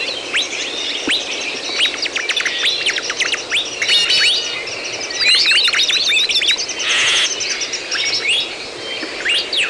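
Birds singing in a dense chorus of high, quick chirps and short whistled notes, overlapping continuously, with a brief burst of hiss near the seventh second.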